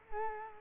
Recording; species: mosquito wingbeat signal from an infrared sensor; Culex quinquefasciatus